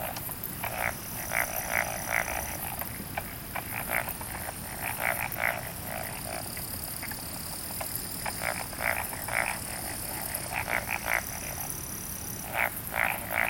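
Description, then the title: Frog chorus of many overlapping pulsed croaks, dense and irregular throughout, with a faint high steady tone coming and going in the background. "Summer Japan, Hokkaido. Night Paddy's frogs. 夜の水田のカエル"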